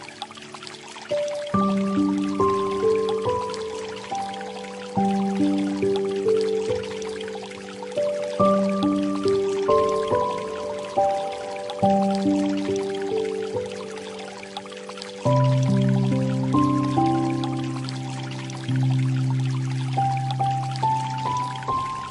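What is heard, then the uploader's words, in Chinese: Flowing water hisses steadily beneath gentle, slow light music of soft ringing notes, which shifts to a fuller, lower passage around fifteen seconds. 流水聲。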